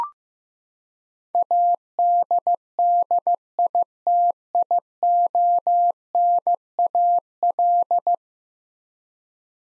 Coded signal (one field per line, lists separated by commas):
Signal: Morse code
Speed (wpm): 15 wpm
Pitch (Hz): 700 Hz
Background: none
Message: ADDITIONAL